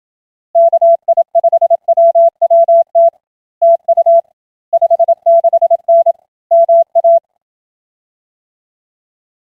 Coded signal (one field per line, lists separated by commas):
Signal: Morse code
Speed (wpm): 27 wpm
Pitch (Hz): 670 Hz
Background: none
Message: KI5WWT TU 56N MA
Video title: Weekly RTTY and Stuff. 08-14-2026